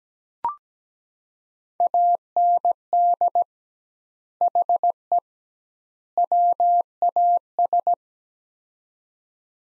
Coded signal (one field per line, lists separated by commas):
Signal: Morse code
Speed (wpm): 17 wpm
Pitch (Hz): 700 Hz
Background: none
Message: AND HE WAS